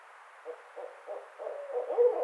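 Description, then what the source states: Barred owl hooting in a rhythmic series of short notes that grow louder and longer toward the end, ending in a stronger drawn hoot. Recorded 2009-05-29.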